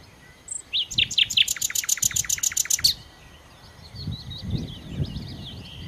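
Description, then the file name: Common nightingale song: a few notes building into a long, loud series of rapid identical pulses, then faint twittering. "Nachtigall"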